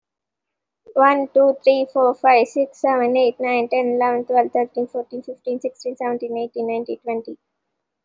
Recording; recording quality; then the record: counting at a fast pace; excellent, no background noise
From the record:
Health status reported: recovered from COVID-19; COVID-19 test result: positive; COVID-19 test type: RT-PCR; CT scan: taken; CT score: 0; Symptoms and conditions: fatigue, muscle pain, another condition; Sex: female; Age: 25 years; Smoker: no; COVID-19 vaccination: both doses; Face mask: worn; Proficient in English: yes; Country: India